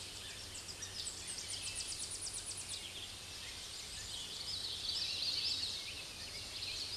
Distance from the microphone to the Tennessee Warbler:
about 40 m